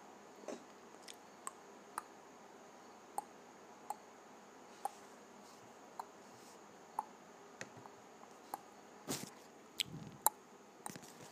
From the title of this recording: Clicking my Tongue